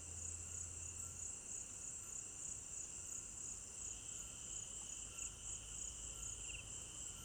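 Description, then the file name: Crickets trill in a steady, continuous high-pitched chorus with several layered bands, a constant unbroken shimmer throughout, with faint low rumble beneath. Crickets recorded at night in an African village garden; stereo binaural recording. "African-Village Garden Night Crickets 01 Stereo-Binaural"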